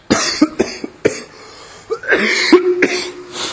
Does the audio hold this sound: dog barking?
no